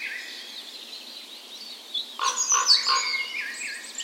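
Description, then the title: Birds singing in a dawn chorus, high twittering at first, then a louder burst of harsh chattering notes and whistles in the second half. Dawn chorus in spring, morning of 17 May, Norway's National Day, in a park west in Bergen, Norway; recorded with Sony PCM A10 and LOM micro Usi microphones as tree ears. "17th Of May Dawn Chorus"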